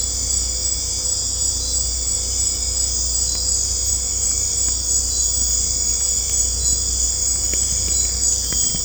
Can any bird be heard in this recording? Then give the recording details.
no. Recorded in secondary vegetation near Puerto Asís, Putumayo, Colombia, on 16 December 2024 at 20:00. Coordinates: 0.502, -76.326. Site G028